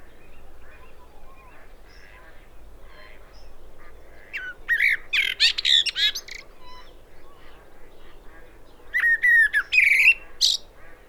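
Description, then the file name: Common blackbird with scratchy twittering notes mixed with fluty whistles, two busy bursts after a quiet start, low steady hum throughout. "Turdus merula"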